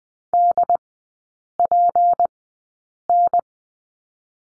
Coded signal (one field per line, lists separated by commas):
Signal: Morse code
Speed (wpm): 20 wpm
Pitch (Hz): 700 Hz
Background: none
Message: DPN